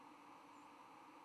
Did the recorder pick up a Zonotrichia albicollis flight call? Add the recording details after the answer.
yes. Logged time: 07:15 on 10 November 2014